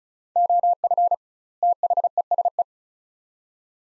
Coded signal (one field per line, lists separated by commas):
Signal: Morse code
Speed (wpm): 36 wpm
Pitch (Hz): 700 Hz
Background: none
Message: OF THESE